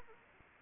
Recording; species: mosquito wingbeat signal from an infrared sensor; Anopheles arabiensis